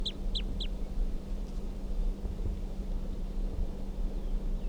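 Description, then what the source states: Crossbill calls, a few short sharp high notes near the start and one more at the end, over a steady low hum and background noise. Wild female crossbill calling from a branch just above a caged male, at 5 p.m.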